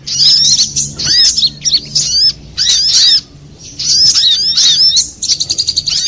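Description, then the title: Little spiderhunter song in clear short bursts of high, sharp squeaky notes, several phrases separated by pauses, ending with a quick repeated trill. Master recording (masteran) for training cage birds, labelled Labaik. "Masteran Burung Sogok Ontong Labaik"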